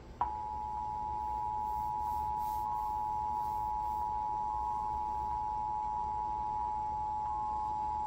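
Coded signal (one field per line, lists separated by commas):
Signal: Emergency Alert System (SAME) tones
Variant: 853 and 960 Hz attention tone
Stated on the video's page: Emergency alert system test broadcast on a TV station during a rerun.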